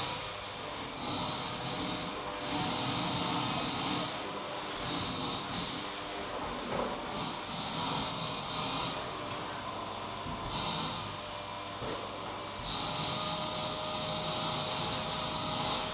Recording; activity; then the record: daily activity, microphone in the room; vacuum cleaning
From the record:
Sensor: 1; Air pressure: 1009.6 hPa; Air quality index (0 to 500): 194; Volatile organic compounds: 19 ppm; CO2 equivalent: 2653 ppm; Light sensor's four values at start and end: 31/79/33/40 and 30/75/32/38